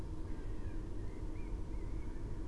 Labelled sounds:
Common Blackbird
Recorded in Germany
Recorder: ecoPi

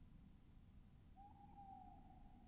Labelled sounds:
Tawny Owl
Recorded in Germany
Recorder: ecoPi

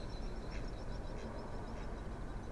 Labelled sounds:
Mallard
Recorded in Germany
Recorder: ecoPi

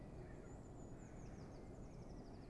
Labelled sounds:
Eurasian Blue Tit
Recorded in Germany
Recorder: ecoPi

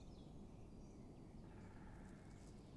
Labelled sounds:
Great Spotted Woodpecker
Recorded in Germany
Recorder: ecoPi

